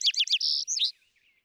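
Vesper sparrow song phrase: three rapid descending chips, then a steady buzzy note and a short burry ending, fading out.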